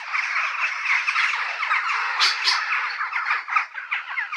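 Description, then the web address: Birds calling together in a dense, continuous chatter of many overlapping squeaky and chirping notes, with a few louder sharp calls standing out. "musicradar outdoor-samples Birds"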